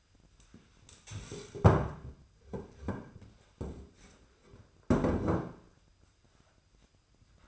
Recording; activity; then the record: daily activity, microphone in the room; stand up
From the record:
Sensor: 2